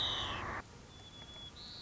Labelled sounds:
White-crowned Sparrow (Zonotrichia leucophrys)
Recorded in Sonoma County, California

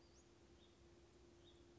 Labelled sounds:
Western Flycatcher (Empidonax difficilis)
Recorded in Sonoma County, California

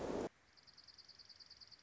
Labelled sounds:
Dark-eyed Junco (Junco hyemalis)
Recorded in Sonoma County, California

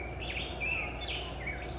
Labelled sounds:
California Towhee (Melozone crissalis)
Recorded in Sonoma County, California

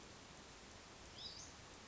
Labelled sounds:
Hutton's Vireo (Vireo huttoni)
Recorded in Sonoma County, California

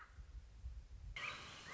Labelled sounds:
Common Raven (Corvus corax)
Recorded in Sonoma County, California

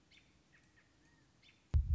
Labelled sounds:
American Robin (Turdus migratorius)
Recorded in Sonoma County, California

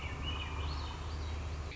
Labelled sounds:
Swainson's Thrush (Catharus ustulatus)
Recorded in Sonoma County, California

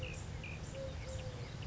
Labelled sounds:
Eurasian Collared Dove (Streptopelia decaocto)
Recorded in Sonoma County, California

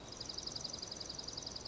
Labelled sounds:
Dark-eyed Junco (Junco hyemalis)
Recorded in Sonoma County, California

